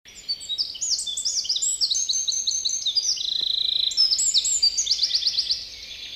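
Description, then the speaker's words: Eurasian wren song: a loud, fast run of high, sharp notes and rapid rattling trills that tumble on for about five seconds without a break. Song is incredibly loud for the bird's size; male sings with short tail held upright, bill wide open, whole body shaking, advertising a good territory and fine male to females. "Peukaloisen laulu on linnun kokoon nähden uskomattoman voimakas."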